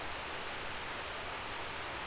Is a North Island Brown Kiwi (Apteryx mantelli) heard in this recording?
no